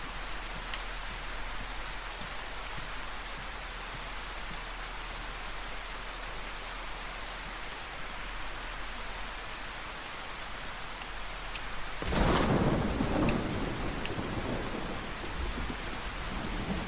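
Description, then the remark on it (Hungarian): Steady, hissing rain pours without pause, and partway through a loud rumble of thunder swells up and slowly rolls away beneath the downpour. No one speaks. “Megint rákezdett az eső, hogy rohadjon meg.”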